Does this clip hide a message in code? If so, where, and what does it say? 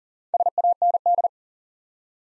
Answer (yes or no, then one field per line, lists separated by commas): yes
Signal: Morse code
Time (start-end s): 0.3-1.3 s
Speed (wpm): 40 wpm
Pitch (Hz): 700 Hz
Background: none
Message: SAND